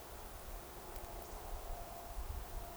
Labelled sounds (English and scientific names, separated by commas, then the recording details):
Eurasian Woodcock (Scolopax rusticola) whistle
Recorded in Baden-Württemberg, Germany, on 29 June 2020 at 02:28 UTC
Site 43791, 788 m above sea level